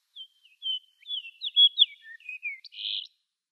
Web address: Schulze Peter Fox Sparrow song